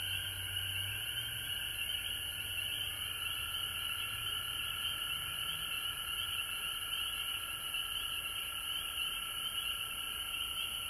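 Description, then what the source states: Frogs in full chorus, an even wall of trilling at several pitches, with a low rumbling hum fading out partway through. Recorded at home in Georgia on March 19, 2020.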